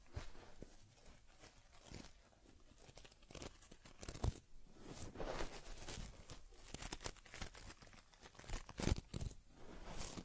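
Someone tends to a teddy bear, brushing and rubbing its fur in dense, scratchy strokes that continue without pause. Sharp crinkly swipes and soft taps come every second or so, with a few louder scrapes near the fourth and ninth seconds.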